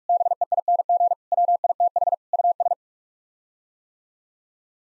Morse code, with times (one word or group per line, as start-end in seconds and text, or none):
0.1-1.1 BEING
1.3-2.1 WITH
2.3-2.7 US